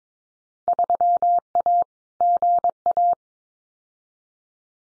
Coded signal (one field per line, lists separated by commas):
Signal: Morse code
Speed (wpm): 22 wpm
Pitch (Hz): 700 Hz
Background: none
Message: 3A GA